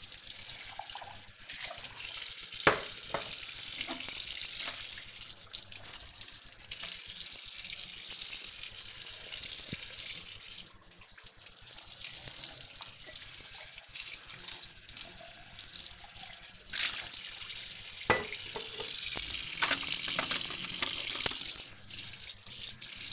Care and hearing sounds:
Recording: household activities, microphone on the right wrist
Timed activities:
0.00-23.13 s: washing dishes

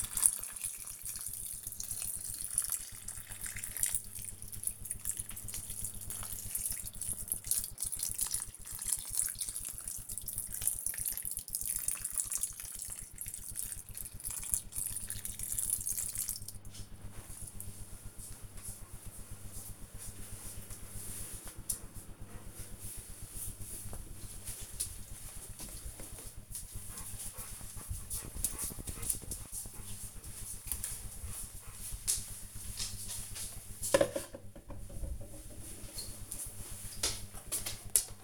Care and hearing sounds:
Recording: household activities, microphone on the right wrist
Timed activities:
0.00-18.49 s: watering plant

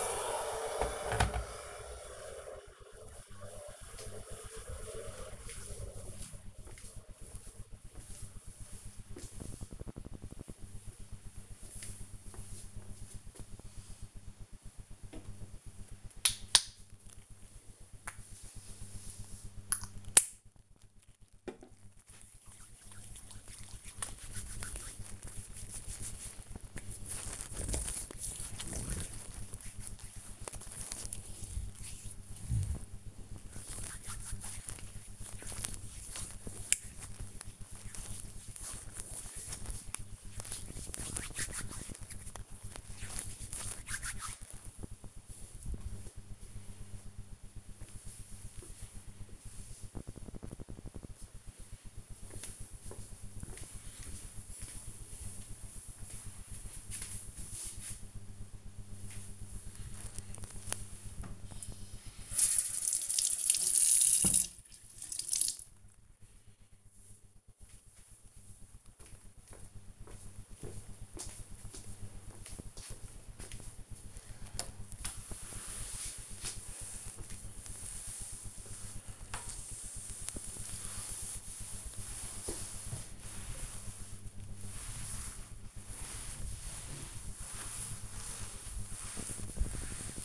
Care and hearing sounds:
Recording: household activities, microphone on the right wrist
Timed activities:
0.00-2.21 s: making tea
14.24-45.40 s: disinfecting hands
59.44-90.25 s: cleaning table

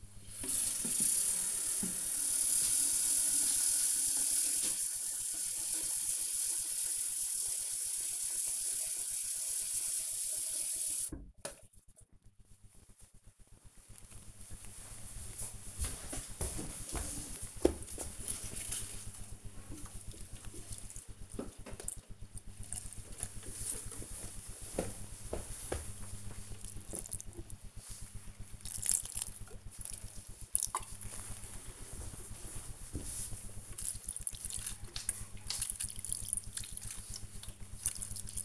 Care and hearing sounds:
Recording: household activities, microphone on the right wrist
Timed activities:
0.00-38.45 s: watering plant

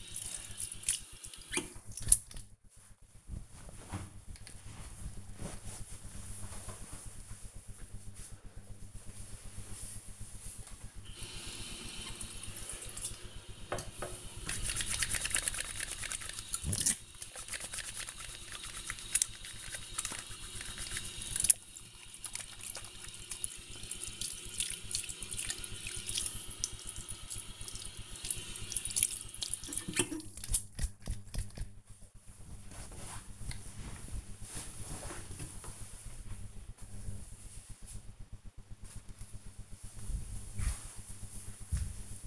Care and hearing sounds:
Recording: household activities, microphone on the right wrist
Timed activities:
0.00-1.56 s: washing hands
10.63-31.80 s: washing hands

